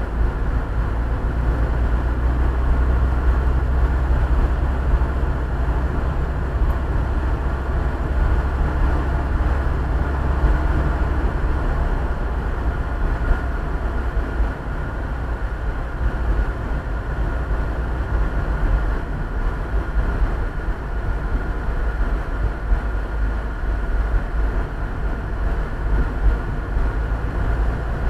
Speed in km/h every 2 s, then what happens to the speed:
33, 35, 37, 39, 39, 39, 37, 35, 36, 34, 32, 31, 29, 32.
0-6 speeds up to 39. 6-28 slows to 32.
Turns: none.